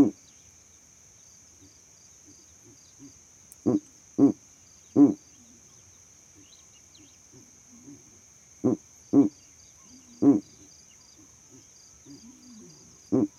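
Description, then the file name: Owl hoots, short low gruff notes in groups of three separated by several seconds of quiet, with a steady thin high whine running underneath. Owl calls at night. "Elijah Wagner - Calming Owl Calls at Night"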